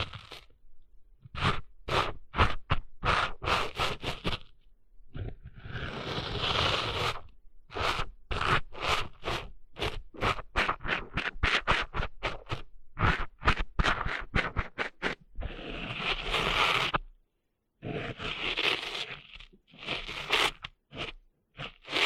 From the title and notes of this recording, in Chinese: 沙沙沙…沙滩的沙沙声。